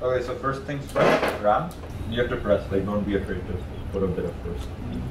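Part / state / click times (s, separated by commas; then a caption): component, possibly a memory module, into a motherboard slot / not seated / none. A component, possibly a RAM stick, is pressed firmly into a motherboard slot during a first PC build while someone talks throughout. Handling rustles and scrapes are heard under the talking, but the part is not yet home and nothing has seated or clicked yet.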